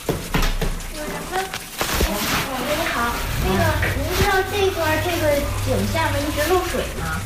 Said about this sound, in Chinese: 11月23号上午，记者来到越秀园小区2号楼，拉开4单元的大门，就听到一阵哗哗的流水声。走上3个台阶，地面上出现了一个水泥盖，而左右两边就是1层住户的房门。再仔细听，发现流水声就是从这个水泥盖下面传来的。